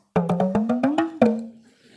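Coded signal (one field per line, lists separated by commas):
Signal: talking drum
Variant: Spanish, Cádiz accent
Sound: about eight quick drum strokes with pitch sliding upward, last stroke ringing down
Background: small room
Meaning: Are you going to La Caleta?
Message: ¿tú vas a ir para la Caleta?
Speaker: Y además tiene la capacidad de poner acentos. Por ejemplo, el de Cádiz dice, ¿tú vas a ir para la Caleta?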